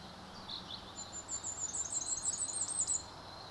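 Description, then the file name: Common firecrest song, a thin, very high run of rapid notes building in loudness for about two seconds, preceded by a couple of faint lower calls. "Vuurgoudhaan"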